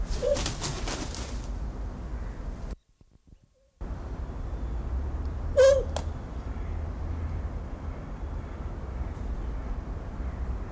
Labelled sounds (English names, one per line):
Spectacled Owl call